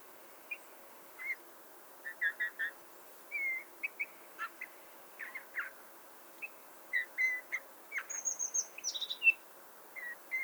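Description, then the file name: Eurasian bullfinch giving soft whistled notes and short chirps, scattered irregularly, with a thin high whistled phrase near the end. "Pyrrhula pyrrhula"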